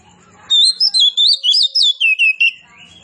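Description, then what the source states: Oriental magpie-robin giving one quick phrase of several clear, slurred whistled notes, rising and falling in pitch. Kacer poci type, described as singing vigorously (gacor).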